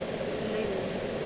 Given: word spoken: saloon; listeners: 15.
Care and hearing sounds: one English word in noise, from a listening test; speech-shaped noise; -4.3 dB; 1 of 15; 12 of 15; 0.86 s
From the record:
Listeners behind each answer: 12, 1, 1, 1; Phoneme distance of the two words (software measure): 27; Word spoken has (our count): 2 syllables, 5 phonemes, stress on syllable 2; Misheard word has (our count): 1 syllable, 4 phonemes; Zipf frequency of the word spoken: 3.37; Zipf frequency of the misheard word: 4.36

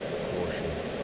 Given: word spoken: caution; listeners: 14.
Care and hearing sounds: one English word in noise, from a listening test; speech-shaped noise; -4.2 dB; 0 of 14; 6 of 14; 0.63 s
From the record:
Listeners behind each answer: 6, 3, 1, 1, 1, 1, 1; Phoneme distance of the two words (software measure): 10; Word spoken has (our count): 2 syllables, 4 phonemes, stress on syllable 1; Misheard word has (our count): 2 syllables, 4 phonemes, stress on syllable 1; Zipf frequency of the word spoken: 3.81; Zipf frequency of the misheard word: 3.77

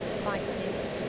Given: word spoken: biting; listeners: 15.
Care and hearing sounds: one English word in noise, from a listening test; speech-shaped noise; -4.8 dB; 0 of 15; 8 of 15; 0.69 s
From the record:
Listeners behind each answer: 8, 3, 1, 1, 1, 1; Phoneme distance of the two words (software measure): 10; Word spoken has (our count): 2 syllables, 5 phonemes, stress on syllable 1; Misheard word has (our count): 2 syllables, 5 phonemes, stress on syllable 1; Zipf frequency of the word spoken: 3.84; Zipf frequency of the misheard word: 4.87

